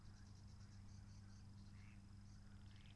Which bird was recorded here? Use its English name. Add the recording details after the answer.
Mallard. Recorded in Germany. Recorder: ecoPi